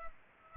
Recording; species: mosquito wingbeat signal from an infrared sensor; Culex pipiens